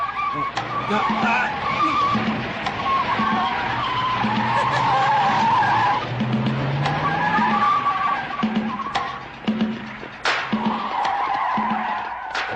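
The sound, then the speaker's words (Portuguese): A car brakes hard, its tires letting out a long, loud, wavering screech over a low engine rumble, with a few sharp knocks as the skid winds down. “Para o carro, por favor.”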